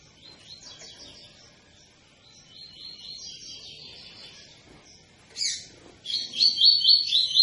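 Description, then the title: Double-collared seedeater song: soft, thin twittering at first, then a sharp loud note and a closing phrase of rapid, clear repeated notes. Tui-tui song type; tutor (professor) recording for teaching young birds the song. "COLEIRO TUI TUI FIBRA CANTO PROFESSOR"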